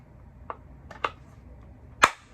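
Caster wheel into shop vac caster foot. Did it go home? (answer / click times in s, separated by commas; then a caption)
yes / 2.0 s. A plastic caster wheel stem is pushed into a plastic caster foot for a shop vac, with a few light plastic clicks and taps along the way. A sharp, loud snap at 2.0 seconds marks the caster seating into the foot, and that snap is the sign it's in.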